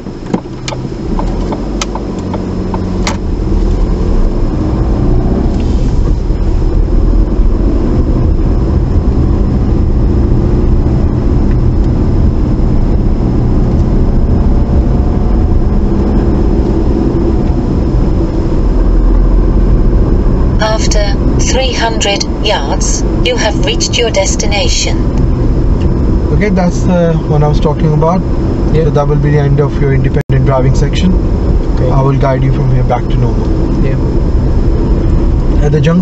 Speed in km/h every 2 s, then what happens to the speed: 5, 13, 16, 24, 27, 29, 31, 34, 32, 35, 39, 37, 37, 35, 34, 32, 32, 32.
0-13 speeds up to 34. 13-36 steady at about 34.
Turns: none.